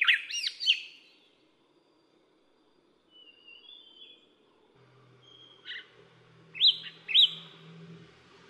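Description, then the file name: Bronzed drongo calls: a burst of harsh, overtone-rich chirps, a long quiet gap with faint notes and low hum, then a sharp chip and two ringing metallic whistles. "小卷尾"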